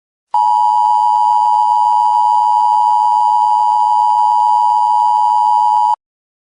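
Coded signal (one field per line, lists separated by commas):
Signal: Emergency Alert System (SAME) tones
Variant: 853 and 960 Hz attention tone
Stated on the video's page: Fictional EAS scenario in analog horror style; simulated alert, not a real broadcast.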